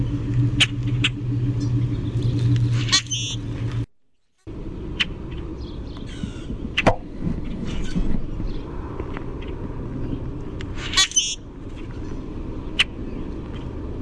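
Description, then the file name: Common grackle giving scattered harsh, clicky chack notes and a few high squeaks at irregular intervals, over a steady low rumble of traffic; a brief silent break early on. Calls described as chaa-chack and squeak calls. "COGR chaa chack squeak"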